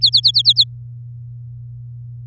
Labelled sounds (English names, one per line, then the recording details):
Domestic Canary song
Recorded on 8 May 2018 at 05:42
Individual llb16